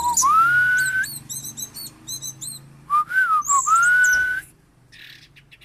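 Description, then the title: Oriental magpie-robin song opening with a loud rising whistle, then clusters of high twittering notes and two more clear slurred whistles. "Kicau Kacer"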